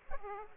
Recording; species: mosquito wingbeat signal from an infrared sensor; Aedes aegypti